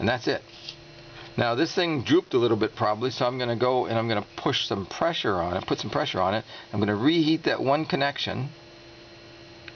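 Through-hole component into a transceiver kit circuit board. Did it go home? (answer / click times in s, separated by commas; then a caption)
yes / 9.7 s. A through-hole component on a transceiver kit circuit board is pushed down while one solder joint is reheated, after it had drooped. Someone talks over a steady hum. A small snap at 9.7 s marks the component seating flush to the board.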